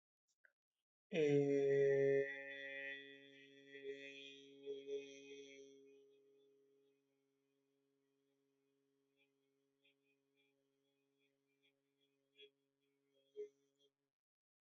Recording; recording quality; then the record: sustained vowel as in made; excellent, no background noise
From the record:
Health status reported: healthy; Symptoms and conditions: none ticked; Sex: male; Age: 26 years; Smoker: not ticked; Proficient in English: yes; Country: India